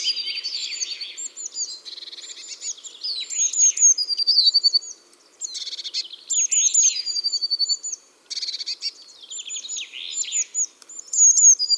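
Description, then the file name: Eurasian blue tit with repeated bursts of thin, high notes and quick trills, separated by short gaps of near silence. "Cyanistes caeruleus"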